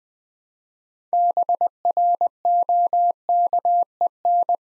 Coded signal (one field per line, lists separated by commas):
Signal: Morse code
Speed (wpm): 20 wpm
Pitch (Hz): 700 Hz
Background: none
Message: BROKEN